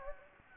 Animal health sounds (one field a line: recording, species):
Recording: mosquito wingbeat signal from an infrared sensor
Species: Anopheles gambiae